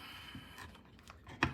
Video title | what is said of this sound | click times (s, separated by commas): 2024-06-12 - BSA A65 and BSA 441 Victor Progress_0 | They will snap into place. | 1.4 s